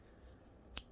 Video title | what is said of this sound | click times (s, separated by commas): My Geissele Super Duty Rifle build... | nice satisfying click extremely solid | 0.8 s